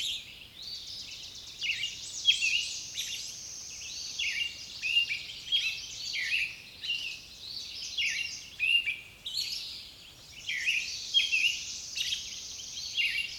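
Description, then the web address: Songbird song: lively high phrases delivered in repeated bursts with short pauses between. "Nature Songs Nature Sounds Sounds of Nature Collection Songbirds"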